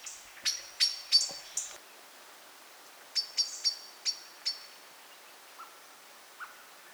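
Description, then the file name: Common blackbird calling in two bursts of sharp, ringing chinks, with a couple of soft lower notes afterwards. "Turdus merula"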